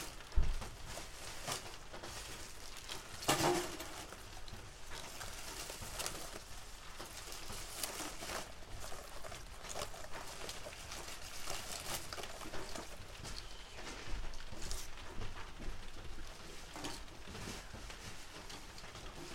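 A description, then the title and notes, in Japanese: Harvested green onions are being trimmed and prepared, with constant dry rustling and crackling as skins are peeled and leaves stripped. A sharp snap comes near the start, and a louder burst of handling around three seconds, then steady busy rustling continues throughout. 出荷日の昼下がり。収穫してきたネギの調整作業中(皮むき、葉落とし、軽量、束にする)。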